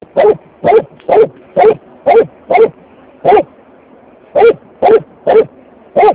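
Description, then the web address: Dog giving repeated sharp barks, roughly two per second, broken by one gap of about a second before the run of barks resumes. "Vekku. taperan koirat"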